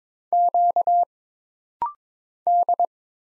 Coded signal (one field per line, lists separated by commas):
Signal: Morse code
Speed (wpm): 22 wpm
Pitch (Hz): 700 Hz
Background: none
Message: Q D